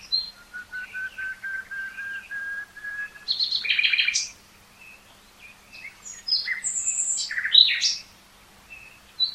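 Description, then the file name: Common nightingale song starting with a string of soft, low piping whistles, then loud varied bursts, high buzzy notes and quick chirps. "Luscinia megarhynchos"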